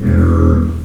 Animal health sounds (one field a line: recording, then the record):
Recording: squeal of a Yucatan mini pig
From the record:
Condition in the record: after surgery on the right vocal fold (resection and tissue-engineered implant)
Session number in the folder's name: 13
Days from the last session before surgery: 113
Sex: female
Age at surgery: 19 weeks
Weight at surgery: 25 kg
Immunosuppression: prednisolone